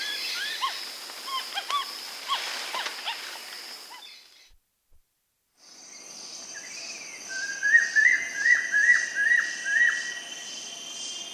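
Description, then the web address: Brown capuchin calls: a run of short arched chirps, a silence, then a series of clear whistles, each rising then dropping, over a steady high drone. Brown capuchin monkey in South American rainforest. "Nature Songs S America Primates of the Rainforest Brown capuchin monkey"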